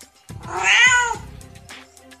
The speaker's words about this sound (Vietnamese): Mèo con bị đè dưới móng vuốt to, đáng thương hề hề kêu lên.